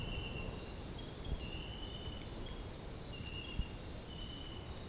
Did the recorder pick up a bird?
no